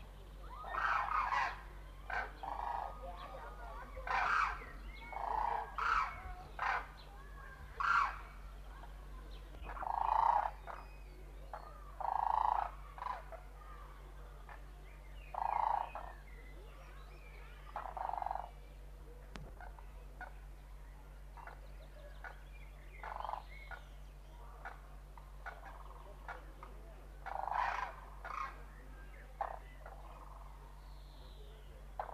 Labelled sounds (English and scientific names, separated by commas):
Demoiselle Crane (Grus virgo) call